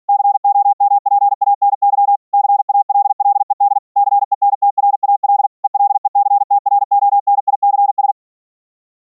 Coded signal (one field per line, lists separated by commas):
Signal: Morse code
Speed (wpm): 48 wpm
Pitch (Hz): 810 Hz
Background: none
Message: COMPANY CALLED CENTRAL ELECTRONICS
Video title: using GASSiAN NOiSE CW notes for sending Morse Code over iCW on Mumble - CW regenerated on mumble RX